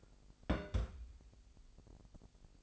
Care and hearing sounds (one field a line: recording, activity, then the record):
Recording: daily activity, microphone in the room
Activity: place on stove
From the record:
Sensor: 5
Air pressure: 1002.0 hPa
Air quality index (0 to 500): 302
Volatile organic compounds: 36 ppm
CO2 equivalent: 3086 ppm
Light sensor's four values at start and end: 20/43/19/21 and 20/43/19/21